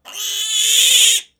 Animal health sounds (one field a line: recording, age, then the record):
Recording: pig call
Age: piglet (1 to 25 days)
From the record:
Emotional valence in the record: negative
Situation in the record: restrain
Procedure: back test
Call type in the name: high-frequency call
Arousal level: medium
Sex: female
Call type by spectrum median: high-frequency call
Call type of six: high-frequency stable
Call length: 1.40 s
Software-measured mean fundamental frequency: 277 Hz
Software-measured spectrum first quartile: 3254 Hz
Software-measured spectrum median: 5037 Hz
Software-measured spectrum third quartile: 7637 Hz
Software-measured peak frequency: 3427 Hz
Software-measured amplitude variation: 124 dB a second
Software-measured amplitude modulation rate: 20.0 a second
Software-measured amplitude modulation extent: 6.2 dB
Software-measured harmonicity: 4.6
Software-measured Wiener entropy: -2.45